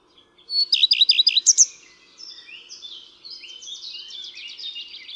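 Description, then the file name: Common redstart singing one phrase: a thin lead-in note, several fast, down-and-up whistled notes, then a quieter, squeaky, jumbled trill. "Pleszka"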